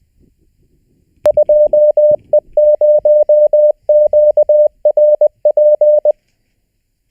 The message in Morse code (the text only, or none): 2E0QRP